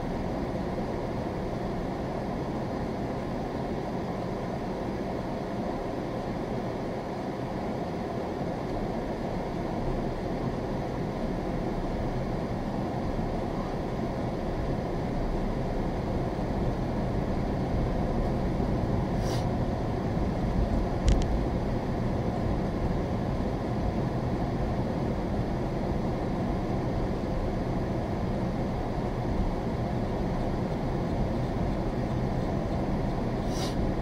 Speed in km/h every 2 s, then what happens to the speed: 15, 10, 8, 8, 10, 16, 18, 18, 23, 26, 27, 26, 24, 24, 23, 24, 26.
0-3 slows to 8. 7-10 speeds up to 16. 14-19 speeds up to 27. 19-34 steady at about 24.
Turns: none.